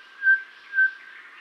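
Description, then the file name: Cape batis giving two clear, even whistled notes about half a second apart, steady in pitch, over a faint background hiss. "Golosa ptic - Kapskij batis Batis capensis"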